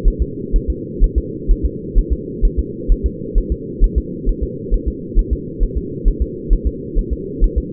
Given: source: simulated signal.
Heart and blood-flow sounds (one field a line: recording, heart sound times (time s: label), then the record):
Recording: fetal heart sounds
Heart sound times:
0.08 s: S1
0.22 s: S2
0.56 s: S1
0.70 s: S2
1.04 s: S1
1.18 s: S2
1.51 s: S1
1.65 s: S2
1.98 s: S1
2.12 s: S2
2.45 s: S1
2.59 s: S2
2.92 s: S1
3.06 s: S2
3.38 s: S1
3.52 s: S2
3.84 s: S1
3.98 s: S2
4.29 s: S1
4.43 s: S2
4.74 s: S1
4.88 s: S2
5.19 s: S1
5.33 s: S2
5.63 s: S1
5.78 s: S2
6.08 s: S1
6.22 s: S2
6.53 s: S1
6.67 s: S2
6.98 s: S1
7.13 s: S2
7.44 s: S1
7.58 s: S2
From the record:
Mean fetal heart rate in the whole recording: 130 bpm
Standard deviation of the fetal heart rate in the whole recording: 4 bpm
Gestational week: 38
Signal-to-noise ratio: -4.1 dB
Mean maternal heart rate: no maternal heart sound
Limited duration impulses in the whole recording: absent